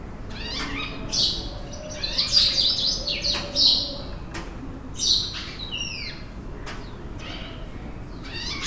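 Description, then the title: House bunting song: short bright phrases of quick slurred, partly descending notes, repeated several times, with sharp clicks and low background noise beneath. Close house buntings sitting on house roofs in the Fez medina, Morocco, in the morning; recorded on a Sony PCM-D100 with internal mics. "Rue Talaa Sghira, Fes , Morocco - House buntings in Fez medina"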